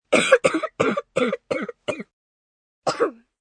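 Seven short acted coughs from an adult: six in a quick run, then a final one after a pause, in the manner of a sick person.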